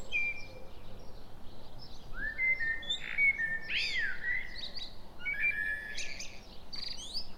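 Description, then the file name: Common blackbird song: fluted whistled notes and high squeaky twitters in a busy stretch, with other birds calling and a low hum behind. "Turdus merula"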